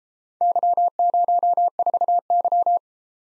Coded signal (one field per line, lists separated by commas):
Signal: Morse code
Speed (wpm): 33 wpm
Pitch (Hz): 700 Hz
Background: none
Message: Y04Y